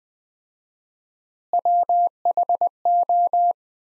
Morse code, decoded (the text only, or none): WHO